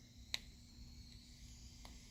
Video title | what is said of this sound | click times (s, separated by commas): Voopoo v.s. Smok | slaughter back in she clicks right in place for | 0.3 s